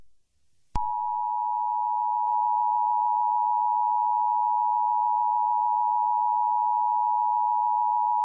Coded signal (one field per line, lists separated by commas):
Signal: Emergency Alert System (SAME) tones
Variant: 853 and 960 Hz attention tone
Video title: (EAS) SCP 106